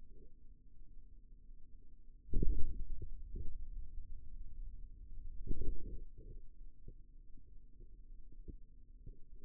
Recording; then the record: forearm muscle sounds (acoustic myography)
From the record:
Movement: radial deviation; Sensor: system 2, bracelet of six BSWA MPA416 microphones around the upper forearm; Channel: 3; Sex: male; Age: 22 years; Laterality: right